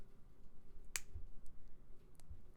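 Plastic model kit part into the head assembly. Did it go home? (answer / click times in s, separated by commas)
yes / 1.0 s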